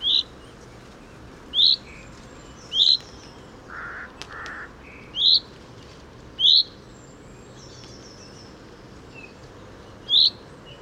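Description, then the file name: Common chaffinch repeating a short, high, rising call note several times at irregular gaps, with two brief lower sounds midway and faint background hiss. "Fringilla coelebs"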